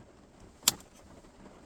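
A plastic color-matched TACOMA letter overlay is pressed into the dashboard trim cutout of a 2025 Tacoma and snaps in with a single sharp click at 0.7 s. It seats in the trim panel, though the snap may also have chipped a corner of the piece. The rest of the clip is quiet background.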